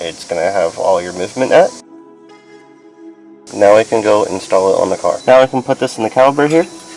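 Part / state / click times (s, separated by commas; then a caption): brake pad into brake caliper / not seated / none. A new greased brake pad with its metal spring clip is handled for installation into the brake caliper of a BMW F3X. Someone talks over background music with a quiet pause in the middle. Nothing has seated or clicked yet.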